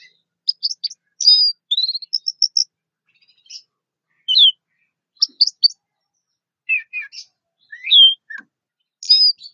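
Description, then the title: Orange-headed thrush song: varied high whistled and chirping phrases, some slurred and rising, separated by short pauses, with no other clear sounds. "Anis Merah"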